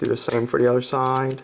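A plastic side piece is being pushed onto its two pegs on the second side of a plastic Takara Movie Advanced Nemesis Prime toy robot figure (Transformers Expo 2014 Exclusive) during transformation, while someone talks throughout. The piece is being handled but has not seated or clicked yet.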